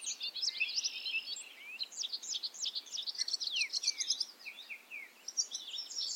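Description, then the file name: Bobolink giving a continuous bubbling, jangling song of quick squeaky notes and downward slurs, with hardly a pause. Recorded at Ferme Beauchamp. "A bobolink talks to you from Ferme Beauchamp"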